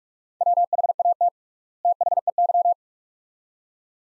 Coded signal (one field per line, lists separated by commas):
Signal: Morse code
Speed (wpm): 46 wpm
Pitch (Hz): 700 Hz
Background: none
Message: WHAT THEY